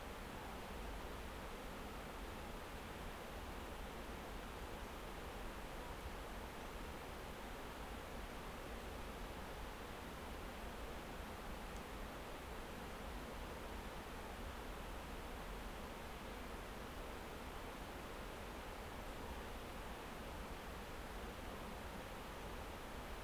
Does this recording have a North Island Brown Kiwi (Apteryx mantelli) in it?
no